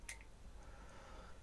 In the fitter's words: decks in and then you would turn once you'll hear that click and that's on closed